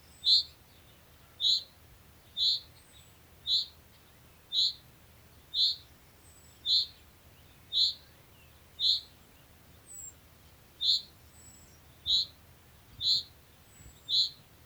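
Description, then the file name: Common chaffinch giving short, high, clipped call notes repeated roughly once a second in a steady series, one note fainter, over a quiet background. "Fringilla coelebs"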